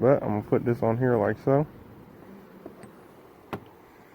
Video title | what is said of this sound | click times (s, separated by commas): ls swap box chevy fuel lines, filter, sending unit and gas tank install #stayhome | hear it pop click | 3.5 s